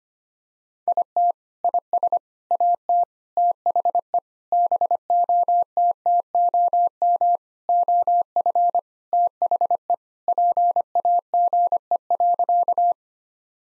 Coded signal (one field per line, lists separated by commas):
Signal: Morse code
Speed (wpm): 25 wpm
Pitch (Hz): 700 Hz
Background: none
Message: IT IS AT THE BOTTOM OF THE PAGE.